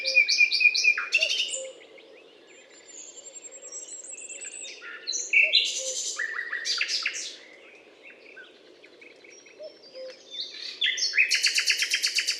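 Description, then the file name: Common nightingale song: varied phrases of whistles, buzzy notes and a fast rattling trill, broken by pauses, with a low steady hum beneath. Recorded at Butte calcaire de Gratacap, France, on 19 May 2012. "rossignol philomele Butte calcaire de Gratacap F"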